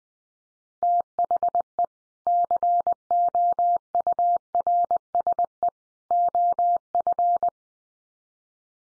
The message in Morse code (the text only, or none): THE COURSE OF